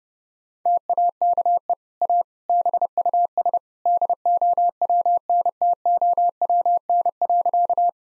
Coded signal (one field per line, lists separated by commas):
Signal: Morse code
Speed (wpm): 30 wpm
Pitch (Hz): 700 Hz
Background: none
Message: TAKE A BUS DOWNTOWN.